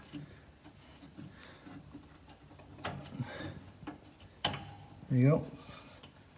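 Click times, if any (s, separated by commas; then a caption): 4.4 s. A small metal retaining clip is pushed onto a transaxle linkage rod while reassembling a John Deere lawn tractor transaxle. Soft background ticking and an earlier sharp tap at 2.8 s lead to a loud, sharp snap at 4.4 s as the clip seats in place. Someone talks right after.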